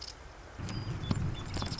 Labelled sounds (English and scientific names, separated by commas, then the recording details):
Marsh Wren (Cistothorus palustris)
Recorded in Sonoma County, California